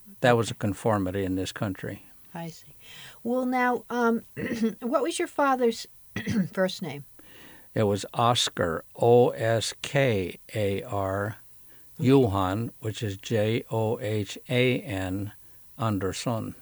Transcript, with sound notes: That was a conformity in this country.
I see. Well now um (clears throat) what was your fathers (clears throat) first name?
It was Oskar O-S-K-A-R. Johan, which is J-O-H-A-N, Anderson.